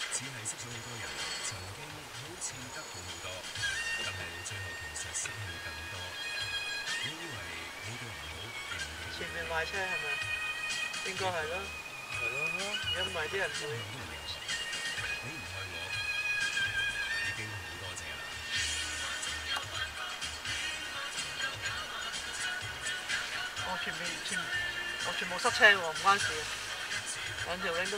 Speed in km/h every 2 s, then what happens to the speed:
4, 4, 3, 0, 0, 0, 0, 0, 9, 6, 7, 8, 6, 6.
0-5 steady at about 4. 5-14 standing. 14-16 pulls away to 9. 16-28 steady at about 6.